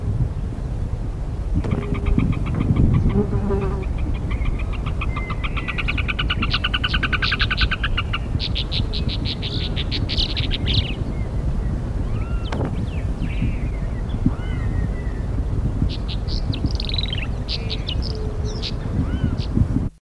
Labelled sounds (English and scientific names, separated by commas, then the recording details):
Grey-breasted Martin (Progne chalybea) song
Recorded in the wild
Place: El Palmar-Nationalpark, AR
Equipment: Halbspur, 9,5 cm/s
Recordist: Lütgens, Hans
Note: Gesang